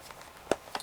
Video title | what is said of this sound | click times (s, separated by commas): Don Hume H715 IWB Holster | Once you hear it snap into place, you're good. | 0.5 s